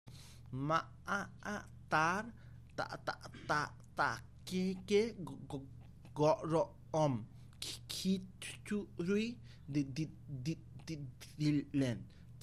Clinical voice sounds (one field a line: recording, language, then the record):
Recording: elicited speech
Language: Bengali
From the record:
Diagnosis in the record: Broca's or global aphasia after a stroke